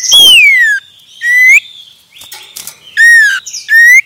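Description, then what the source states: Common iora song of clear slurred whistles, some falling and some rising, given in quick succession with short buzzy notes in between. Male.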